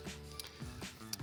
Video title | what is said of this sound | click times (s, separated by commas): How to Troubleshoot a Delta® Touch2O® Kitchen Faucet with Touchless™ Technology | position until it snaps into place | 0.4 s, 1.1 s